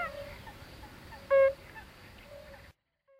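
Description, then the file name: European fire-bellied toad giving a single short, mellow, hollow note midway through, over a steady hiss and faint softer calls in the background. "Bombina bombina"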